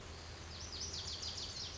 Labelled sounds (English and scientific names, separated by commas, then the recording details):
Lazuli Bunting (Passerina amoena)
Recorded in Sonoma County, California